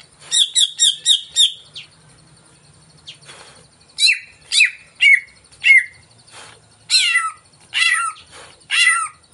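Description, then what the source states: Greater green leafbird song: five quick high notes, a pause, then harsh, falling chattered phrases repeated about once a second. Vigorous (gacor) song of a caged bird, played as a lure to make other caged birds sing before their cages are hung up.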